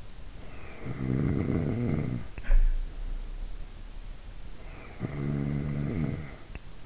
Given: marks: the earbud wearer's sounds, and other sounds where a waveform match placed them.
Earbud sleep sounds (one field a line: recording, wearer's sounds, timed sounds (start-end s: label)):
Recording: sounds in sleep by an in-ear microphone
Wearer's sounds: snoring breath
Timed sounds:
0.70-2.98 s: snoring breath
4.70-6.86 s: snoring breath